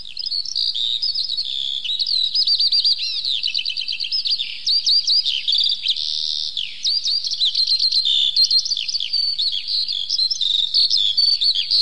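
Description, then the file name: Eurasian skylark pouring out continuous high-pitched song, trills, buzzy slurs and sharp chirps tumbling together with hardly a break. "zhavoronok polevoy"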